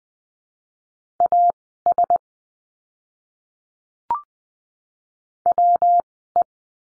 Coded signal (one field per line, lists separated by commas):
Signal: Morse code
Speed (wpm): 20 wpm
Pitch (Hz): 700 Hz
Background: none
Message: AS WE